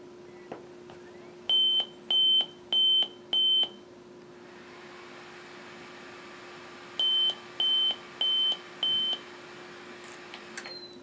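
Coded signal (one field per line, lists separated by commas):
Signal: beep code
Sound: four short high beeps, a pause, then four more, over a hum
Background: fan hum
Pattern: 4 short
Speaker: so what you see there is the computer refuses to start and denotes a four beep tone bios code as well as it kicks the fan up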